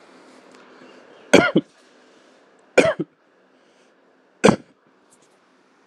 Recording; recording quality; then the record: shallow voluntary cough; excellent, no background noise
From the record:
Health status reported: healthy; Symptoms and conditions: none ticked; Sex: male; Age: 47 years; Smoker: yes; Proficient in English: yes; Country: India